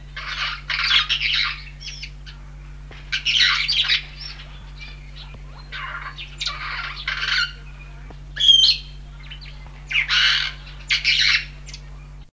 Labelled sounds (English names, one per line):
Singing Starling song